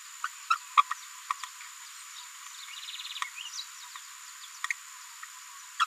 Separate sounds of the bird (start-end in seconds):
0.24-0.28, 0.50-0.57, 0.77-0.82, 0.90-0.94, 1.30-1.33, 5.79-5.85